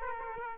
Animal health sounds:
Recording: mosquito wingbeat signal from an infrared sensor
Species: Aedes aegypti

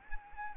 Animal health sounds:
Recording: mosquito wingbeat signal from an infrared sensor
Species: Anopheles arabiensis

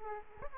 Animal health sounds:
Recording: mosquito wingbeat signal from an infrared sensor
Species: Aedes aegypti

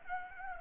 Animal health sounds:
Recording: mosquito wingbeat signal from an infrared sensor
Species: Anopheles gambiae

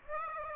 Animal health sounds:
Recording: mosquito wingbeat signal from an infrared sensor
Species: Aedes aegypti

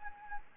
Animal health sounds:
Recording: mosquito wingbeat signal from an infrared sensor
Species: Anopheles gambiae

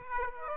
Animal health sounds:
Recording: mosquito wingbeat signal from an infrared sensor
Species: Aedes aegypti

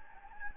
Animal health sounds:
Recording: mosquito wingbeat signal from an infrared sensor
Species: Anopheles gambiae

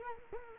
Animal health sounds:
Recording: mosquito wingbeat signal from an infrared sensor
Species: Culex quinquefasciatus

